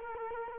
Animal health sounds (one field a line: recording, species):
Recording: mosquito wingbeat signal from an infrared sensor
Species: Culex quinquefasciatus